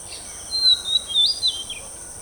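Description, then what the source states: A bird sings thin, high whistled notes, a level tone followed by a short rising and falling phrase, over a faint steady high hum. Countryside ambience.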